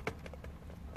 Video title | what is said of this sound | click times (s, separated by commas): Radio A/C Bezel Removal 94-2000 Mustang | little holes until you hear click and it click and then | 0.1 s